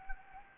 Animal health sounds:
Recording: mosquito wingbeat signal from an infrared sensor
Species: Anopheles gambiae

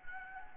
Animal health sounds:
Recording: mosquito wingbeat signal from an infrared sensor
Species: Anopheles gambiae

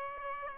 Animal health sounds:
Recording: mosquito wingbeat signal from an infrared sensor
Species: Aedes aegypti

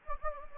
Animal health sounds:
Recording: mosquito wingbeat signal from an infrared sensor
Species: Anopheles gambiae

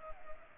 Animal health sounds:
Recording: mosquito wingbeat signal from an infrared sensor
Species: Culex pipiens

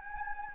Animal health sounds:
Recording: mosquito wingbeat signal from an infrared sensor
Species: Anopheles gambiae

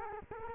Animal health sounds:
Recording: mosquito wingbeat signal from an infrared sensor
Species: Culex quinquefasciatus

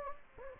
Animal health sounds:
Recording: mosquito wingbeat signal from an infrared sensor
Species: Anopheles gambiae

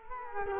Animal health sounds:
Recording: mosquito wingbeat signal from an infrared sensor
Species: Culex quinquefasciatus

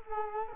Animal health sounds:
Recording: mosquito wingbeat signal from an infrared sensor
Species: Culex quinquefasciatus

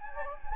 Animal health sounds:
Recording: mosquito wingbeat signal from an infrared sensor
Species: Anopheles gambiae

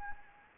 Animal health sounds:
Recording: mosquito wingbeat signal from an infrared sensor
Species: Anopheles gambiae

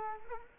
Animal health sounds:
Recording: mosquito wingbeat signal from an infrared sensor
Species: Culex quinquefasciatus

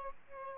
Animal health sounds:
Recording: mosquito wingbeat signal from an infrared sensor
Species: Aedes albopictus

